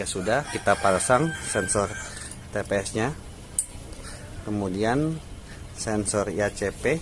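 After the TPS sensor is fitted, a sensor wiring connector is being pushed onto a fuel-injection sensor on a scooter throttle body while someone talks. A brief sharp sound is heard near 3.6 s, but the connector has not clicked or seated yet.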